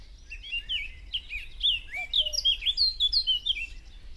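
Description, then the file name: Eurasian blackcap delivers a rapid, twittering warble of bright, slurred notes, with a couple of lower whistles in the middle; gentle ambient hiss. "Sylvia atricapilla"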